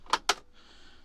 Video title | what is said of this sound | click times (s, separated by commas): 2025 Toyota Sienna AWD Stealthy & Outdoorsy Camper For 2 | and then we have a lift up table that locks into place. | 0.3 s